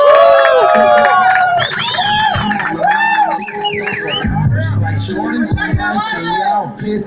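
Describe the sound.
A loud crowd cheers and whoops continuously, with many overlapping shouts and excited voices rising and falling, and a dense roar that suggests clapping mixed in beneath.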